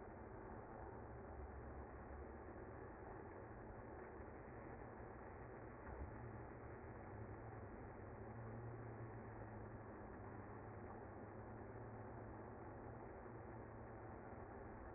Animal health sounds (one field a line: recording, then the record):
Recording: honeybee colony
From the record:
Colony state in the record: active